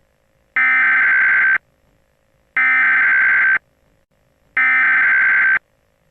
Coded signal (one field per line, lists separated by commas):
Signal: Emergency Alert System (SAME) tones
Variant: header bursts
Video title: ThisIsNotATest EAS and EBS Mock Videos - Season 3